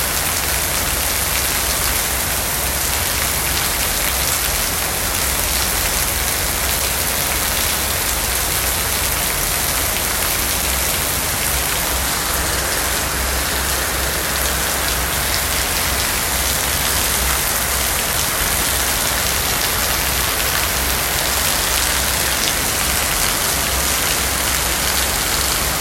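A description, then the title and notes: A thunderstorm's heavy rain falls steadily and densely, a constant hiss of drops on a hard surface that stays even in level for the whole stretch. Bright spatter sits over a low, rumbling bed, with no distinct thunderclaps standing out. God’s first symphony: a thunderstorm.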